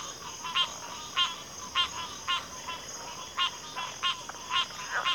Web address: Sleep Sounds of Nature CRICKETS Backwater Chorus